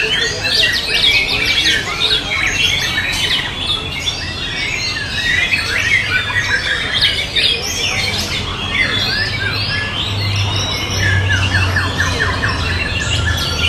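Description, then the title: White-rumped shama song of rich, shifting whistles and sharp chattering notes, delivered nonstop, with a low rumbling hum in the background. Wild bird's natural song recorded in forest. "Kicau Asli Murai Batu Hutan"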